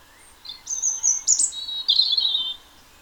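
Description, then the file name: European robin song: thin, high whistled notes sliding and wavering, then a lower warbled flourish. "Erithacus rubecula"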